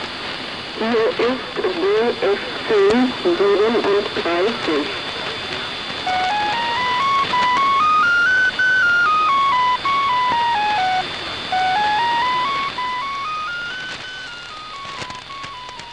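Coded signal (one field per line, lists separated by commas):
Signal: numbers station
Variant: G14, German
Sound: a few seconds of voice, then a repeating stepped electronic tone melody rising and falling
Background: radio static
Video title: Zahlensender/Number Station "G14" ("DFC-37") (14.05.1983) (19:05 UTC)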